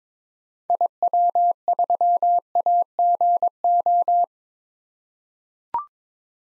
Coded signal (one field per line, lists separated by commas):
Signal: Morse code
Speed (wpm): 21 wpm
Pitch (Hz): 700 Hz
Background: none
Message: IW3AGO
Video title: 2023 SOTA Activator Call Signs - 22wpm